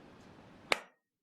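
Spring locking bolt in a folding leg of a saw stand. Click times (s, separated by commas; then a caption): 0.7 s. The operating lever on a Metabo KSU 251 mobile mitre saw stand is pushed inward to release the spring locking bolt, and the metal folding leg unfolds. After a quiet low rumble, the bolt engages with a single sharp, bright click at 0.7 s that rings briefly and fades. The bolt snaps into place and the leg is secured.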